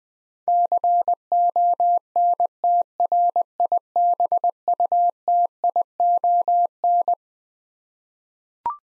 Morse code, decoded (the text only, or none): CONTRIBUTION